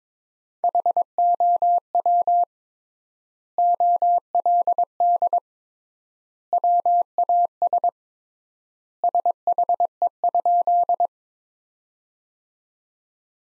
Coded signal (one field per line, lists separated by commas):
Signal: Morse code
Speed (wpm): 22 wpm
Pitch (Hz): 700 Hz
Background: none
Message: HOW OLD WAS SHE?